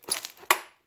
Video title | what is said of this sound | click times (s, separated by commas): how to put together the craftsman Adjustable Hydraulic Stool | then you want to make sure it clicks into one of the holes | 0.5 s